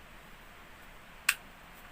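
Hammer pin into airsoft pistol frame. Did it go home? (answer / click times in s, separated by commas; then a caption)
yes / 1.3 s. While refitting the hammer in an airsoft HiCapa pistol, the retaining pin is pushed into the metal frame. Against a faint steady hiss, a single sharp, bright click sounds at 1.3 seconds, and the pin locks into place.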